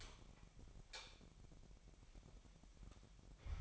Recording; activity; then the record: daily activity, microphone in the room; light on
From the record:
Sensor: 1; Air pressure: 1012.0 hPa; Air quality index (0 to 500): 231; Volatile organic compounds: 6 ppm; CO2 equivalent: 1840 ppm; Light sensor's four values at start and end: 13/31/13/15 and 17/46/18/20